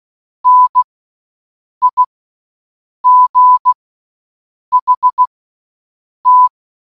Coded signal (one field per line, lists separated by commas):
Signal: Morse code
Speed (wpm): 16 wpm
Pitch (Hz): 1000 Hz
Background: none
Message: NIGHT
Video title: ⬛⬛How Does "GOOD NIGHT" Sound In Morse Code (Audio)⬛⬛